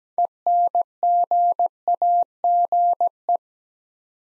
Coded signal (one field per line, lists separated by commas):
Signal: Morse code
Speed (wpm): 17 wpm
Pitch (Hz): 700 Hz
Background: none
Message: ENGAGE